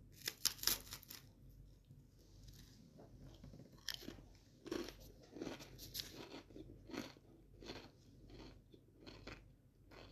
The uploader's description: Making crunchy sandwiches and eating them.